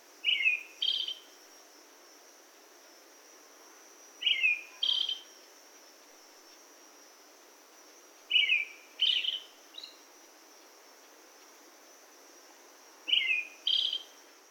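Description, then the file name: Brown-headed thrush singing short two- or three-note phrases, a clear note then a higher burred one, repeated about every four seconds, over a constant high insect hiss. Song recorded on 22 July 2021 at Yaita. "アカハラ 210722 yaita さえずり"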